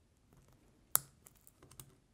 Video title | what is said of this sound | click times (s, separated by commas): How to Make a Create Recklessly Faux Leather Bracelet with Melissa Cable | And you'll hear it snap when the cap goes on, and then you'll know it's on there securely, | 1.0 s